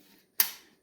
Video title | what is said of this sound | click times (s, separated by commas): NRA Shotgun handling #2 pump action | Clicks in place stuck okay gun is not loaded yet | 0.4 s